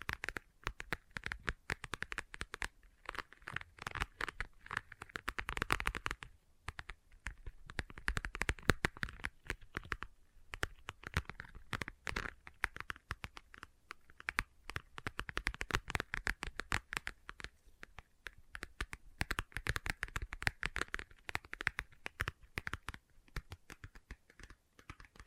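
Leather tapping and scratching: dense, fast clicks and crisp scrapes run almost continuously, with brief pauses near six and ten seconds.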